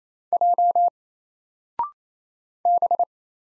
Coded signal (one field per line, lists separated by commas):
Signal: Morse code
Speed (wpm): 28 wpm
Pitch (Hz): 700 Hz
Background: none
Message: J B